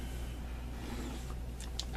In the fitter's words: she locks in place